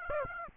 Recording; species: mosquito wingbeat signal from an infrared sensor; Aedes aegypti